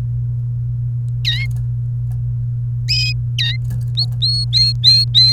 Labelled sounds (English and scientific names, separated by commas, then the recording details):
Domestic Canary (Serinus canaria) song
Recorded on 29 April 2018 at 14:38
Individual llb3